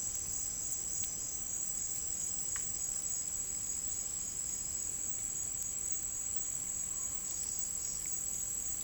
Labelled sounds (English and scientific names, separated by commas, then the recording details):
none
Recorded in dense forest near Puerto Asís, Putumayo, Colombia, on 23 June 2025 at 08:30
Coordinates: 0.503, -76.323
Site G059